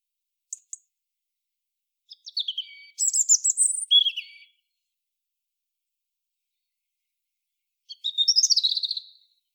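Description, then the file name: European robin song: two faint high ticks, then a fast, jangling phrase of sweet high notes, a pause, and a shorter twittering phrase near the end. "Erithacus rubecula"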